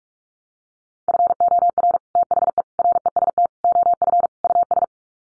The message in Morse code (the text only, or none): FOR THE REST OF US